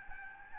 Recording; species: mosquito wingbeat signal from an infrared sensor; Aedes albopictus